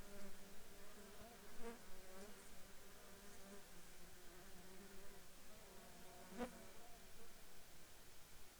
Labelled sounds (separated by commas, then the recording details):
insects
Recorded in the Arctic National Wildlife Refuge, Alaska, on 21 June 2019 at 10:37
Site 33